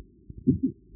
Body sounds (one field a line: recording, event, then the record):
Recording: neck accelerometer signal played as sound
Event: voluntary cough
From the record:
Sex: female